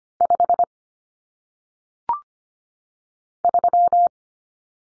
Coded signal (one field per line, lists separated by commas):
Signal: Morse code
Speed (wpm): 25 wpm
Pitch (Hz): 700 Hz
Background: none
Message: 5 3